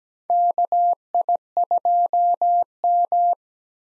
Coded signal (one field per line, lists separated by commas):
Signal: Morse code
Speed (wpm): 17 wpm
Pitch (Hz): 700 Hz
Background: none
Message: KI2M